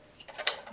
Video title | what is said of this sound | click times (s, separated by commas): MultiCode Radio Receiver & Remote - Install replacement garage door opener receiver and remote | and just get in underneath that, and you just pry up, hear it pop, and the door comes off there. | 0.5 s